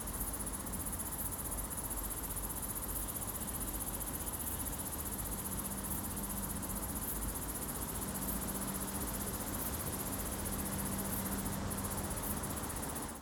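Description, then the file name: Cricket chirping in a continuous high-pitched pulsing trill, with a low steady hum of urban traffic and a faint drawn-out tone underneath. Crickets chirping on a summer evening in a city. "2 crickets chirping during a summer evening in the city"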